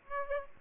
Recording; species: mosquito wingbeat signal from an infrared sensor; Aedes aegypti